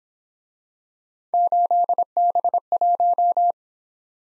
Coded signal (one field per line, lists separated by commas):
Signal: Morse code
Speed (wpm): 26 wpm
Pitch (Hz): 700 Hz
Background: none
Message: 8B1